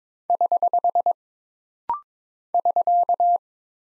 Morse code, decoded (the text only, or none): <HH> <SK>